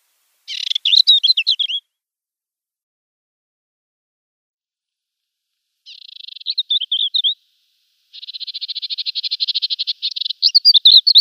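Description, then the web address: African desert warbler song: three high, scratchy warbled phrases separated by pauses, the last opening with a long buzzy trill before twittering notes, in silence otherwise. "Schulze Peter African Desert Warbler"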